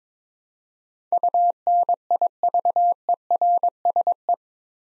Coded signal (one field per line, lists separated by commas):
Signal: Morse code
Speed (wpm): 22 wpm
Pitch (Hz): 700 Hz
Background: none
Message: UNIVERSE